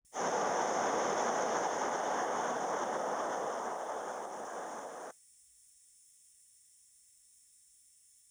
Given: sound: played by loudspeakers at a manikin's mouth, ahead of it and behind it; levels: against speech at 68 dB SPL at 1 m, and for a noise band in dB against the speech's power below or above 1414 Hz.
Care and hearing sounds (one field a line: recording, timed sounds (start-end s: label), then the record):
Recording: test signals for a remote microphone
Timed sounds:
0.11-5.11 s: speech-spectrum noise from the mouth, +10 dB
From the record:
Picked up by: remote microphone B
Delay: 24 ms